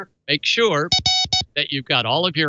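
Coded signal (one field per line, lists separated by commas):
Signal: none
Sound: background music synth notes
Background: speech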